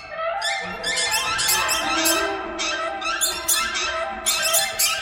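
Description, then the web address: Squeaky, buzzy bird calls in a continuous overlapping chatter, with bursts of harsher squawks every second or so. "soundfactory birds"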